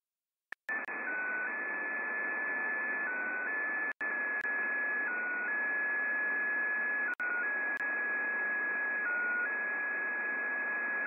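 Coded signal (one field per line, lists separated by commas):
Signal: unidentified radio signal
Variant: XPA2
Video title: XPA2 Spy Station 13538KHZ (Data) transmission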